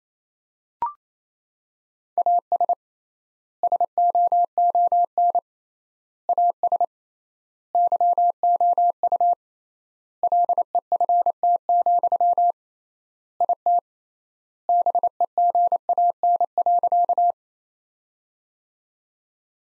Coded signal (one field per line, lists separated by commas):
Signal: Morse code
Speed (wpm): 27 wpm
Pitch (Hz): 700 Hz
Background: none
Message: AS SOON AS YOU LEFT, IT BEGAN.